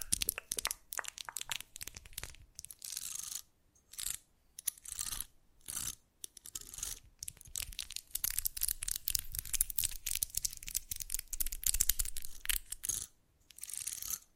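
Fast ASMR triggers: bursts of crisp tearing, crinkling and crunching that stop and start without a steady rhythm. The sounds are bright and hissy, packed densely through most of the clip, broken by brief silent gaps near seconds 2, 4, 6 and 13.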